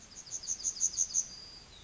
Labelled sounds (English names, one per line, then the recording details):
Yellowhammer song
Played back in forest
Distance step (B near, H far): E
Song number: 173